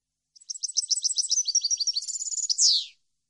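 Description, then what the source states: European goldfinch singing: two faint notes, then a rush of tinkling chirps and a trill, closing with a strong, descending, buzzy note. Clean goldfinch song intended for birds to copy.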